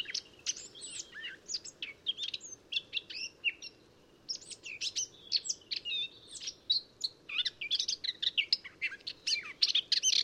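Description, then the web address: Eurasian blackcap song, a dense, hurried warble of sharp high twitters with a short pause before the chatter resumes, faint hum underneath. "SETE data Sylvia atricapilla"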